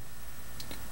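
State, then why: Seated. An internal part of a mechanical pencil is backed into the pencil body while loading lead and pushed on so it locks into place. A single short tick is heard at 0.6 s as the part seats. There is no talk in this moment, and the part ends up seated.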